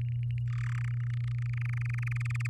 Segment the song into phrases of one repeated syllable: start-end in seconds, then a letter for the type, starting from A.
0.47-0.82 A, 0.84-2.47 B